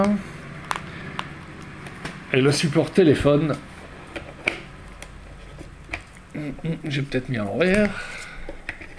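Someone talks while handling the plastic phone holder for an MJX Bugs 2W drone's radio transmitter, bringing it up to clip onto the transmitter's antenna, with a few short plastic taps and ticks between the words. Nothing has seated or clicked yet.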